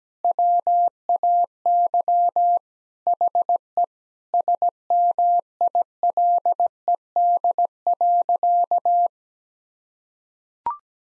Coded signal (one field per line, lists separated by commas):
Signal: Morse code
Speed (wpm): 17 wpm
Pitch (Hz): 700 Hz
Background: none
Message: WAY HE SMILED.